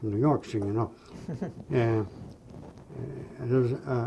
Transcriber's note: laughs